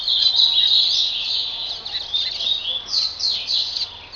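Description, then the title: Double-collared seedeater song, a fast run of high whistled and trilled notes with quick buzzy phrases, continuous for about four seconds. "Canto Coleiro"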